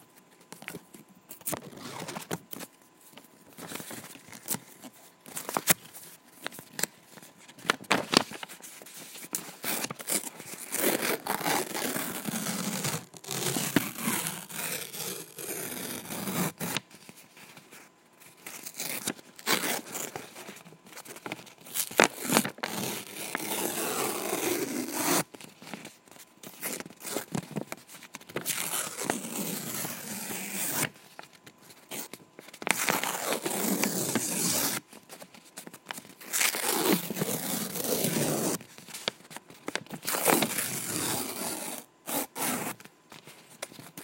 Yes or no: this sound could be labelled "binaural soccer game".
no